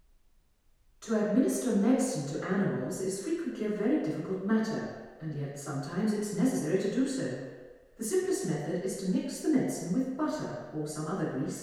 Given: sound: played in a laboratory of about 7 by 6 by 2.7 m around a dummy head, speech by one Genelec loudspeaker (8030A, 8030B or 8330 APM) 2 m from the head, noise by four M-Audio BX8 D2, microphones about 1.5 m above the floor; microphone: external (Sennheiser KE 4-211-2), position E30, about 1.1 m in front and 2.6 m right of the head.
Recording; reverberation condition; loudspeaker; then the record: female speech in English; high; behind (180 degrees)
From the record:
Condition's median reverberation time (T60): about 1300 ms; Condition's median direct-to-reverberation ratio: about -4.0 dB